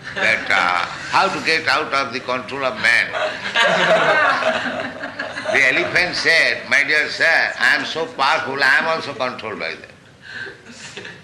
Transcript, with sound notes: that how to get out of the control of man. [laughter] The elephant said, "My dear sir, I am so powerful. I am also controlled by that.